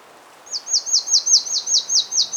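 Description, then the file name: Marsh tit giving a fast run of many high, downslurred notes, each dropping sharply, over quiet background hiss. "Poecile palustris"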